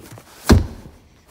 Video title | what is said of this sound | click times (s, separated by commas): How To Install A Rear Seat Release On 2009+ F-150! | the first time it didn't quite latch but the second time i got it | 0.5 s